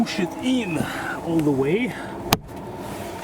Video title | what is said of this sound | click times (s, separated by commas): Volvo XC40 (2019-2025): Where To Store Cargo Cover Inside XC40? | until it snaps like this | 2.3 s